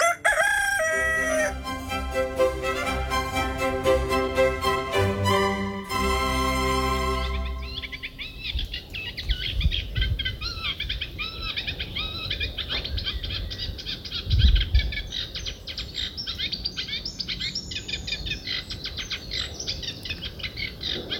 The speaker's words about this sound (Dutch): Een kleine karrekiet. Gek op rietlanden, in moerasgebieden.